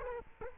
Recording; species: mosquito wingbeat signal from an infrared sensor; Culex quinquefasciatus